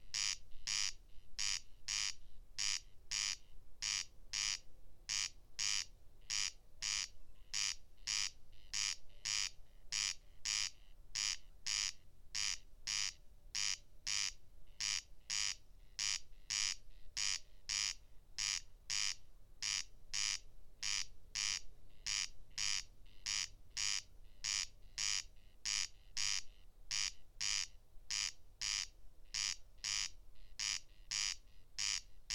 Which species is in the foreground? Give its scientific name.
Crex crex